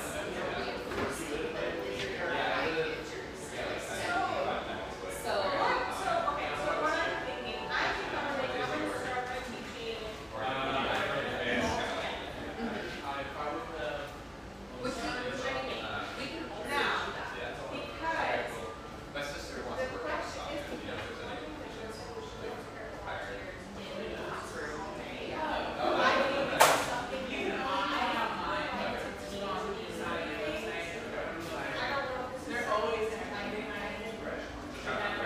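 A busy surf-shack espresso bar, filled with steady overlapping chatter from many voices at an even level throughout. Brief clinks and knocks poke through now and then, with a sharp clatter around the 26-second mark.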